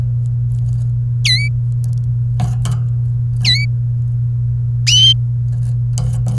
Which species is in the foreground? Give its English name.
Domestic Canary